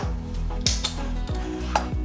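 A magnetic key is held against the outside of a drawer where a hidden magnetic child-safety lock sits, and the plastic latch inside releases with a sharp click at 0.7 s. Smaller clicks follow at 0.9 s and 1.8 s, and the lock is open.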